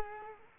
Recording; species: mosquito wingbeat signal from an infrared sensor; Culex quinquefasciatus